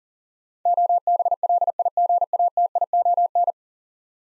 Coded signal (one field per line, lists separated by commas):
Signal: Morse code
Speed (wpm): 41 wpm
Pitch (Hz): 700 Hz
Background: none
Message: OBLIGATION